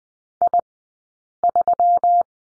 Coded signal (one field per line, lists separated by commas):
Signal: Morse code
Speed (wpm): 20 wpm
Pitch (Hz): 700 Hz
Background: none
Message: I3